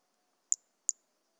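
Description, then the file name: Toadlet producing a quick pair of piercing high notes less than half a second apart, surrounded by silence. Recorded on 18 January 2018; specimen collected. "Brachycephalus mirissimus. A E Confetti"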